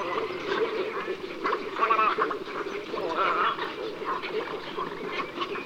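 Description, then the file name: Little egret calls: busy throaty croaking and gargling, swelling around two and three and a half seconds. "Egretta garzetta"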